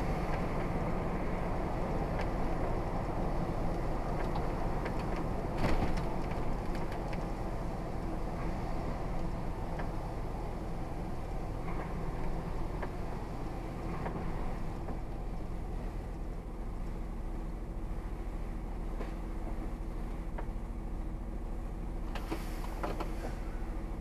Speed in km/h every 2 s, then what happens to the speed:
40, 39, 32, 29, 26, 21, 15, 6, 0, 0, 0, 0.
0-15 slows to 0. 15-24 standing.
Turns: none.